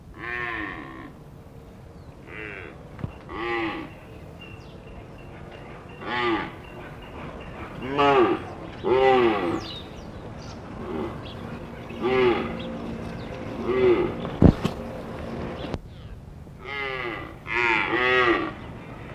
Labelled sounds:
Red Deer call

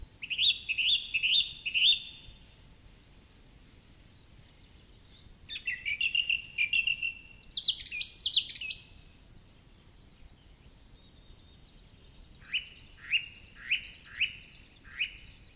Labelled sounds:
Song Thrush song

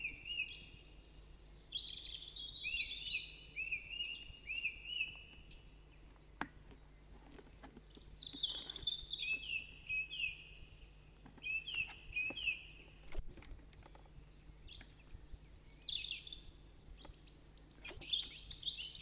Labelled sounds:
Song Thrush song

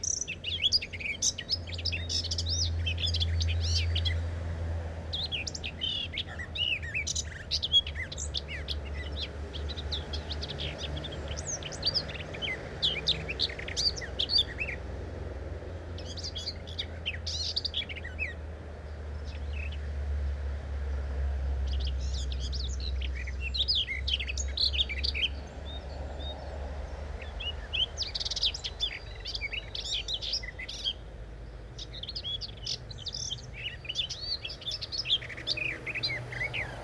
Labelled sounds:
Common Whitethroat song

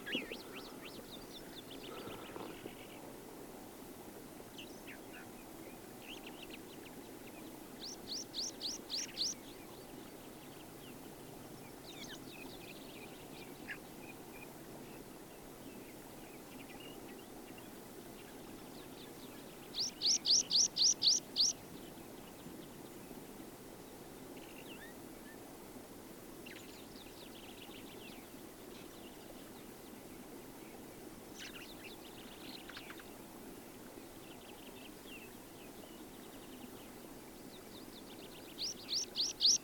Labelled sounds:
Water Pipit song

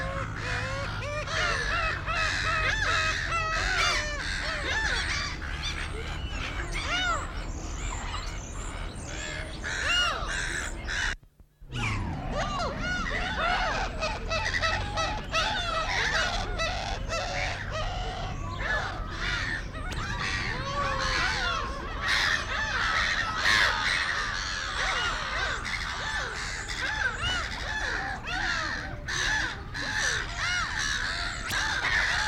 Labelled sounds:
Laughing Gull

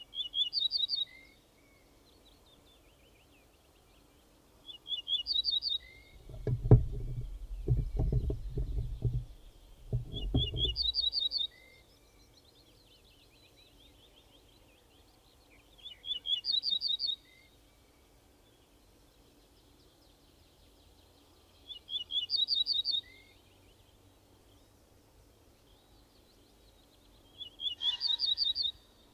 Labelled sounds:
Ortolan Bunting

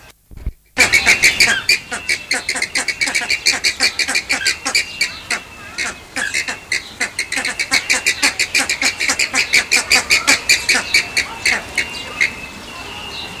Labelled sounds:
Andean Flamingo

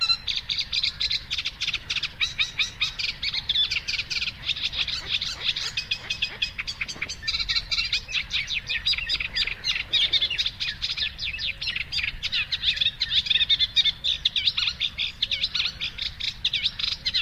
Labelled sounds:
Eurasian Reed Warbler song

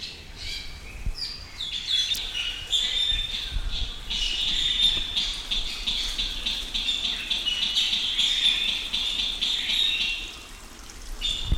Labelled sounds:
Red-legged Crake call

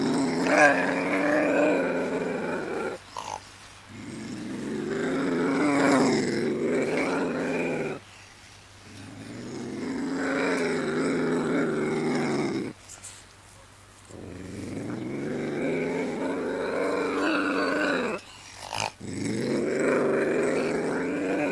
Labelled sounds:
Ocelot call

